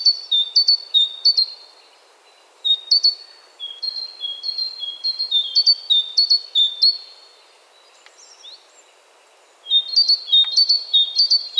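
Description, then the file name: Great tit with repeated whistled two-syllable phrases, high note falling to a lower note, delivered in quick strophes with brief gaps between bursts. "Parus major"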